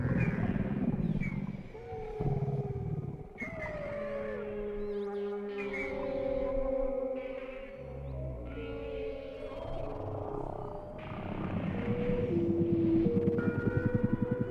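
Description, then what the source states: Whale song: a long sequence of varied moans, upsweeps, held tones and squeaks, overlapping and shifting in pitch. Whale sounds without music.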